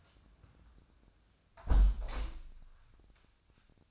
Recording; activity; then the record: daily activity, microphone in the room; close window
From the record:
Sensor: 2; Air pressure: 1004.5 hPa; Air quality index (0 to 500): 78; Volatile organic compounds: 1 ppm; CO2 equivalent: 920 ppm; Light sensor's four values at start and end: 6/14/5/5 and 5/13/5/5